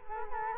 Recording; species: mosquito wingbeat signal from an infrared sensor; Culex quinquefasciatus